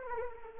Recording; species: mosquito wingbeat signal from an infrared sensor; Anopheles arabiensis